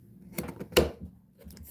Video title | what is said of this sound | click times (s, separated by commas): Part-4 episode 2.. we're getting closer. | boom clicked right in | 0.8 s